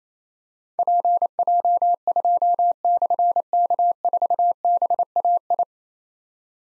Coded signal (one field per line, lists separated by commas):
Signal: Morse code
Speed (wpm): 28 wpm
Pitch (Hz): 700 Hz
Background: none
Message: PJ2/K4BAI